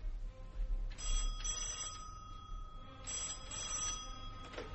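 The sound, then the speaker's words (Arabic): A telephone rings in two bursts, each a bright, rattling bell trill lasting over a second, separated by a short pause, over a low rumbling background hum. “الو، تليفون يا استاذ.”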